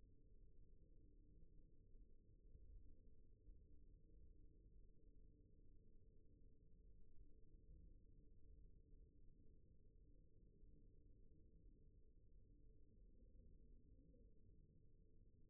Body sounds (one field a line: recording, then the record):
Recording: forearm muscle sounds (acoustic myography)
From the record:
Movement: rest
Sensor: system 1, eight BSWA MPA416 microphones around the upper forearm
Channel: 4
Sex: male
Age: 23 years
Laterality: right